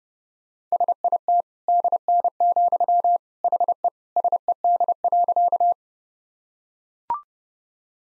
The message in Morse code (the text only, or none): SIT DN, HE SED.